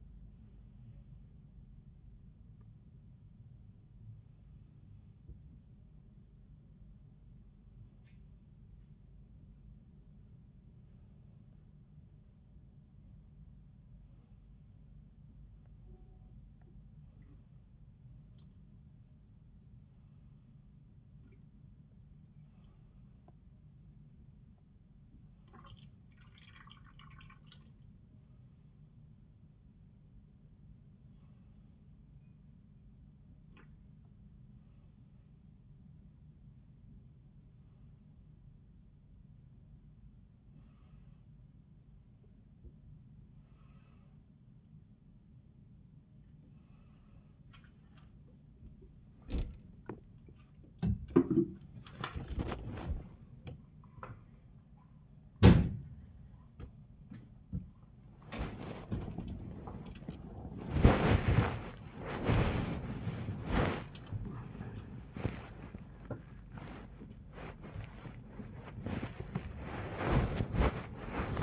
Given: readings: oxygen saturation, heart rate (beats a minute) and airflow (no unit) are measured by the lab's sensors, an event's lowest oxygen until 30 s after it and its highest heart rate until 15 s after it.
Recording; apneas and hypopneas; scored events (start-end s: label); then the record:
a person awake in a sleep study, by a smartphone at the bedside; none
0.00-71.43 s: awake
From the record:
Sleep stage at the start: awake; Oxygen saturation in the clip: 94 to 98%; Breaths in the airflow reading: 20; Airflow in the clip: -21.8 to 17.5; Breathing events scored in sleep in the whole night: 400 in 8.7 hours asleep